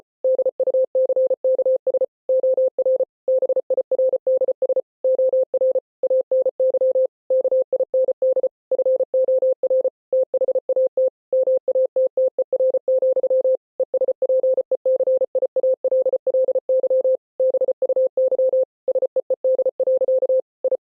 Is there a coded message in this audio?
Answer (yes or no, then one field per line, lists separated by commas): yes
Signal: Morse code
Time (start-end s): 0.2-20.8 s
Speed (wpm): 33 wpm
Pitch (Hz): 520 Hz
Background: none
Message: DUCKS OR BIRDS OR ANY KIND FOR THAT MATTER, ESPECIALLY BUY SEED. I